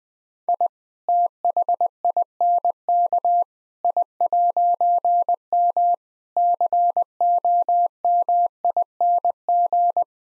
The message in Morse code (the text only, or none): I THINK I'M COMING